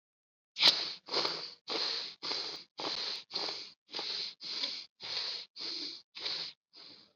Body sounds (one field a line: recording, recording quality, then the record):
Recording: shallow breathing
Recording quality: excellent, no background noise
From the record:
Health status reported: COVID-19 positive, mild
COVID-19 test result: positive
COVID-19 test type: rapid antigen test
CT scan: not taken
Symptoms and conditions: fever, fatigue, muscle pain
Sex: male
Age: 18 years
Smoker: no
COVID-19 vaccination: none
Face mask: worn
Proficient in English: yes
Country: India